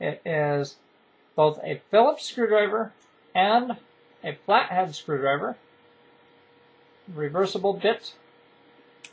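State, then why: Seated. Someone talks over a faint steady hum while a small reversible metal screwdriver bit, Phillips on one end and flathead on the other, is pushed into the hex socket of a keyring multitool. A short, sharp click sounds at 9.1 s as the bit seats and locks into place so it will not fall out.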